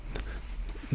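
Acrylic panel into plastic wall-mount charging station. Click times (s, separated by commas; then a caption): 0.2 s, 0.7 s. Acrylic front panel pieces are pushed firmly into snug slots in a plastic wall-mounted charging station for Meta/Oculus Quest 2 VR headsets, needing a hard push. Short sharp clicks are heard at 0.2 s and 0.7 s over a low background hum as the panels seat into place.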